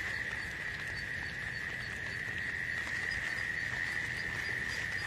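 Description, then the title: Insect song, a continuous shrill trill at one steady high pitch, with a few faint higher chirps in the background. "《虫虫奏鸣曲》 你听过虫子的歌唱吗？倾听大自然的天籁之音"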